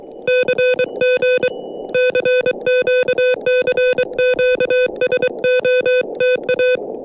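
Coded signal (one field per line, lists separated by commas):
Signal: Morse code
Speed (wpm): 23 wpm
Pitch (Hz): 500 Hz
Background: music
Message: CG CQ CQ SOTA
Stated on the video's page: Morse from a SOTA summit activation on 40m, 5W QRP from an Elecraft KH1 with whip antenna, sent with an iambic KH1 paddle.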